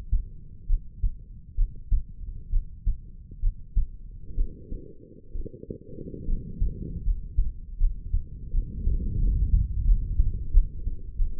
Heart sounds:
heart sounds by stethoscope; 74 bpm
0.67 s: heartbeat
1.55 s: heartbeat
2.50 s: heartbeat
3.40 s: heartbeat
4.35 s: heartbeat
5.32 s: heartbeat
6.26 s: heartbeat
7.03 s: heartbeat
7.78 s: heartbeat
8.51 s: heartbeat
9.19 s: heartbeat
9.85 s: heartbeat
10.51 s: heartbeat
11.16 s: heartbeat
From the record:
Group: healthy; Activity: breath hold 0-7 s, rest 7-11 s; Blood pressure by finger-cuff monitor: 115/76 mmHg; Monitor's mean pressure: 88 mmHg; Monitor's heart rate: 76 bpm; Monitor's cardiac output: 5.5 L/min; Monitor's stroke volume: 77 mL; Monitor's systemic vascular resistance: 1160 dyn s/cm5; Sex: female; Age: 22 years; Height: 160 cm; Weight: 45 kg

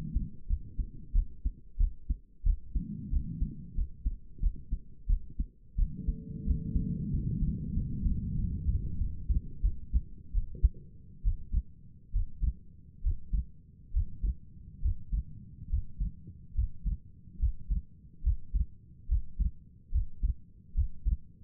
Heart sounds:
heart sounds by stethoscope; 80 bpm
0.47 s: heartbeat
1.13 s: heartbeat
1.78 s: heartbeat
2.44 s: heartbeat
3.11 s: heartbeat
3.75 s: heartbeat
4.41 s: heartbeat
5.08 s: heartbeat
5.77 s: heartbeat
6.45 s: heartbeat
7.11 s: heartbeat
7.74 s: heartbeat
8.36 s: heartbeat
8.98 s: heartbeat
9.62 s: heartbeat
10.33 s: heartbeat
11.23 s: heartbeat
12.13 s: heartbeat
13.03 s: heartbeat
13.93 s: heartbeat
14.81 s: heartbeat
15.69 s: heartbeat
16.54 s: heartbeat
17.39 s: heartbeat
18.23 s: heartbeat
19.08 s: heartbeat
19.91 s: heartbeat
20.74 s: heartbeat
From the record:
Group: healthy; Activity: rest 0-7 s, breath hold 7-21 s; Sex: female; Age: 22 years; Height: 163 cm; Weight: 67.1 kg

